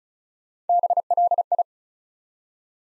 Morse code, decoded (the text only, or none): BLI